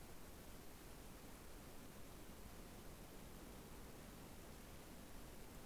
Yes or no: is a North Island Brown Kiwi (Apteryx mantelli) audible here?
no